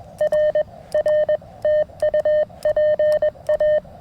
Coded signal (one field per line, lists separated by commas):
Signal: Morse code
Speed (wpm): 21 wpm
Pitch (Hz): 1800 Hz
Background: none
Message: R R TU PA